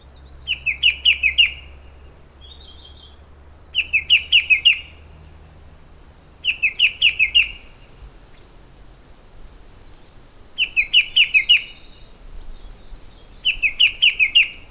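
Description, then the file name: Blyth's shrike-babbler repeating a rapid series of five or six emphatic chirped notes every few seconds; soft twitters and low background rumble between phrases. "shrike-babbler-blyth Pteruthius-aeralatus"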